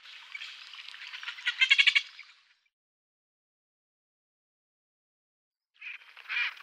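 Garganey rattle, a brisk burst of dry clicks building over two seconds, then a silence of about three seconds before another short crackling series starts.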